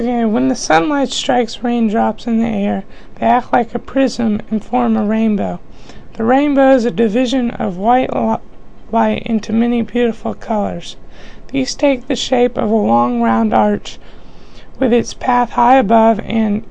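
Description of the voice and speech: Puberphonia: an adult man reading a passage aloud in a persistently high-pitched voice, around 220 Hz.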